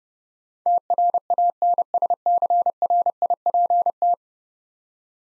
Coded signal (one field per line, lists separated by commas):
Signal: Morse code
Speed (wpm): 30 wpm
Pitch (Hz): 700 Hz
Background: none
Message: TRANSCRIPT